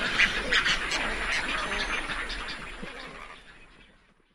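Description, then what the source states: Herons and storks calling together, a thick chorus of harsh squawks that gradually fades away toward the end. Large mixed flock of herons and storks vocalising together.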